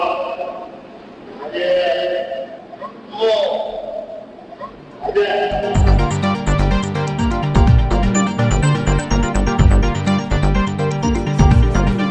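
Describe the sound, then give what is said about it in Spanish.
An elephant imitates the voices of humans it is in contact with by putting its trunk into its vocal tract and rounding its upper lip, giving a few short, hoarse, voice-like syllables separated by pauses, before loud rhythmic music with a heavy beat takes over for the rest. “Por si no lo habéis escuchado bien, vamos a repetirlo, Noel, por favor, porque esto es un elefante.”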